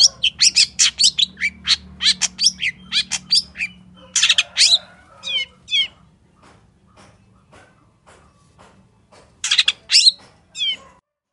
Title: Cendet Gacor Dor Di Kala Pagi Toet Toet Variasi Suara. MASTERAN CENDET LOKAL ALAM GACOR FULL ISIAN